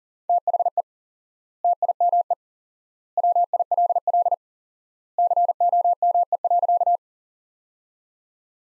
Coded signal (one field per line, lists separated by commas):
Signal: Morse code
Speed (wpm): 40 wpm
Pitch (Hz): 700 Hz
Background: none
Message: THE TIME WILL COME.